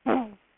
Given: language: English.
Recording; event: throat vibration sensor signal played as sound; throat clearing